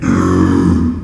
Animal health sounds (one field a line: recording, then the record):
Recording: squeal of a Yucatan mini pig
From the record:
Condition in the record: after surgery on the right vocal fold (resection and tissue-engineered implant)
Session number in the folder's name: 12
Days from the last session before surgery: 105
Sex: female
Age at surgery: 19 weeks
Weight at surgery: 25 kg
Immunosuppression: prednisolone